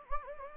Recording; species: mosquito wingbeat signal from an infrared sensor; Anopheles gambiae